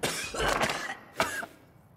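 Adult, acted. Two dry coughs, shown as a main symptom of coronavirus infection.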